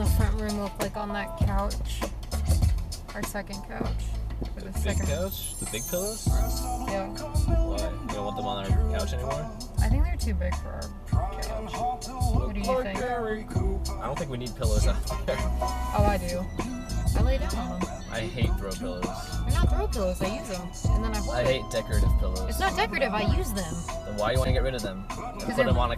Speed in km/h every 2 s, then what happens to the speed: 0, 0, 0, 0, 0, 0, 0, 0, 0, 0, 0, 0, 0.
0-26 standing.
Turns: none.